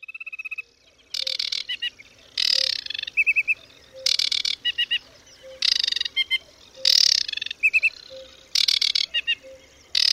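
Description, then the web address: Aquatic warbler song: harsh rasping bursts alternating with short runs of clear, evenly spaced whistled notes, repeated every second or so, with a faint low tone pulsing underneath. "Ptaki Wodniczka"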